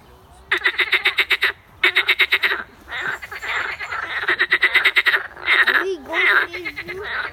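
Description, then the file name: Frogs croaking in rapid pulsed trains, several callers overlapping, with a lower wavering call near the end. Recorded on 14 May 2021. "Frogs 20210514"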